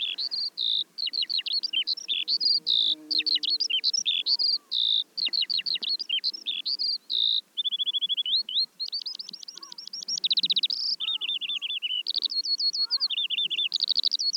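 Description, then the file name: Eurasian skylark delivering a restless high warble of quick chirps, rattling trills and slurred notes. "veldleeuwerik"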